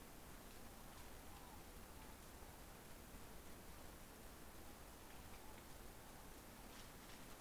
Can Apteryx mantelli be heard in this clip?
no